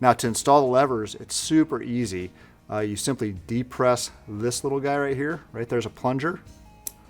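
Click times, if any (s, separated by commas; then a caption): 6.9 s. Someone talks while the plunger on an Aero Precision Pro Ambi ambidextrous AR safety selector is pressed down and the metal selector lever is slid onto the selector body in a rifle lower receiver. The lever snaps home with a sharp click at 6.9 s, seated in place.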